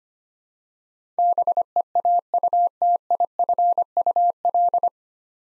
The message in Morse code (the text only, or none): BEAUTIFUL